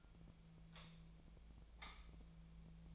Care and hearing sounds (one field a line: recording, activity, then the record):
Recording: daily activity, microphone in the room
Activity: light off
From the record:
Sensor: 1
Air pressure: 1009.8 hPa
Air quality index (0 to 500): 189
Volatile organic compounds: 17 ppm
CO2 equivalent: 2596 ppm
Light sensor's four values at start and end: 47/134/55/62 and 35/91/38/46